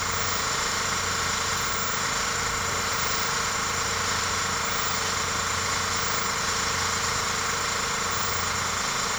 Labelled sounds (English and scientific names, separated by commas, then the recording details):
none
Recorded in secondary vegetation near Puerto Asís, Putumayo, Colombia, on 19 March 2025 at 02:30
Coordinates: 0.468, -76.324
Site G059